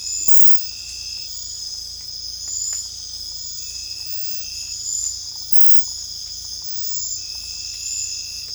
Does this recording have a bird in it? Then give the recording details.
no. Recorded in secondary vegetation near Puerto Asís, Putumayo, Colombia, on 16 December 2024 at 21:00. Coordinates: 0.499, -76.323. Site G010